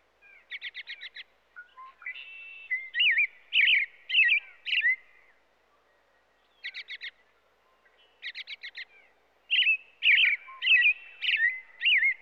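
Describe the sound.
American Robin singing: quick high chip series, then caroling slurred whistled phrases, a brief pause, and another run of chips followed by more rising-and-falling whistles.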